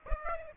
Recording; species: mosquito wingbeat signal from an infrared sensor; Aedes aegypti